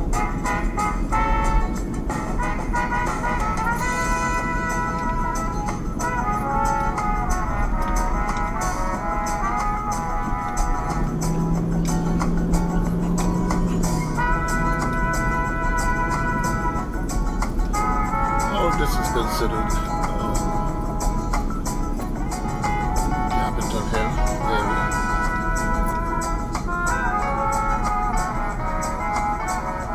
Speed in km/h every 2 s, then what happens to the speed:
42, 42, 40, 39, 35, 31, 34, 39, 40, 39, 39, 39, 39, 37, 27.
0-6 steady at about 40. 6-10 slows to 31. 10-16 speeds up to 40. 16-25 steady at about 39. 25-30 slows to 27.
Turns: none.